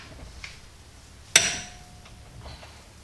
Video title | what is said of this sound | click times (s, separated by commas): Install 3-Arm Camber Kit Kit (J-Power / SPC Alignment Kit) | once you hear that click it's on there good and you can move on to the next bolt | 1.4 s